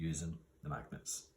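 Someone talks while fitting the plastic helmet of a model figure onto its head, where magnets are meant to pull it into place. The helmet has not snapped on yet, and nothing has seated or clicked in this clip.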